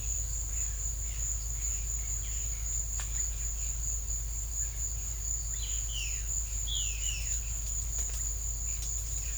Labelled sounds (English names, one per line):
Great Kiskadee
Violaceous Jay